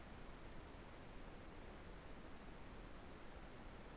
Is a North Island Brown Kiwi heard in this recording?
no